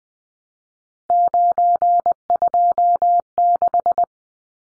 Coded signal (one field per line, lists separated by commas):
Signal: Morse code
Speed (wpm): 20 wpm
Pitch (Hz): 700 Hz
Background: none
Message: 926